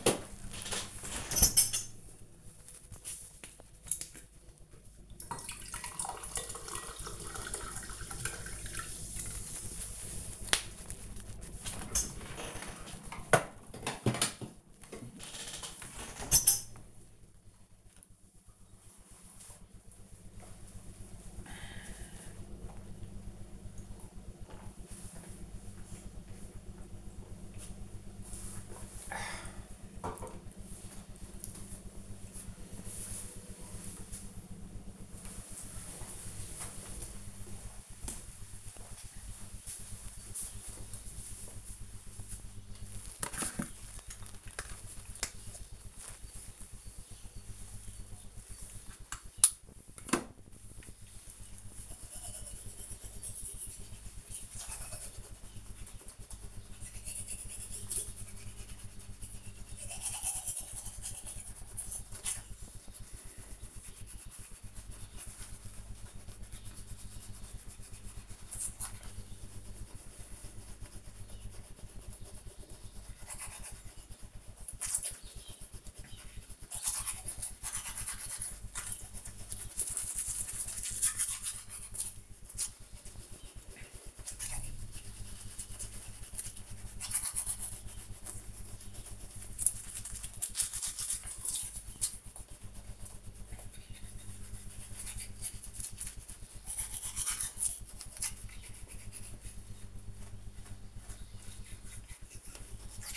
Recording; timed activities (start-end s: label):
household activities, microphone on the right wrist
0.00-29.42 s: drinking
42.51-103.17 s: brushing teeth